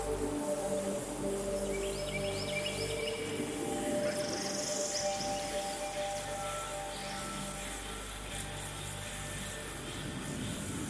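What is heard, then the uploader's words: An outdoor field recording from Florida with a steady wash of high insect buzzing throughout. Quick bird chirps and trills come in the first five seconds, with a brief whistle near eight seconds, over a low, constant hum in the background. A psychedelic soundscape with nature field recordings made in Florida.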